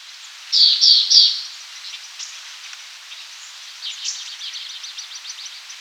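Nepal fulvetta calls: three loud, buzzy, high chattering bursts in quick succession, followed by a fainter, rapid series of thin notes over a steady hiss.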